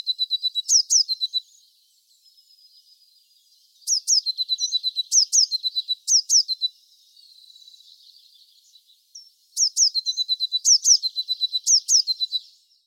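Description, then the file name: Eurasian blue tit giving three bursts, each of thin, sharply falling high notes running into a rapid trill, separated by short pauses with faint twittering. "Cyanistes caeruleus"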